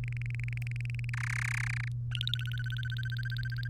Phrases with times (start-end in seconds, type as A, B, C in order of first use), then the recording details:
0.04-1.10 A, 1.13-1.88 B, 2.11-3.68 C. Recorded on 3 May 2018 at 11:55. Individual llb3